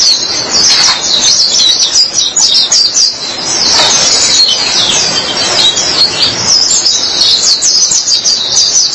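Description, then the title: White-eye twittering song: rapid, sweet high notes strung together nonstop, varying slightly in loudness throughout. "Kicauan Burung Pleci"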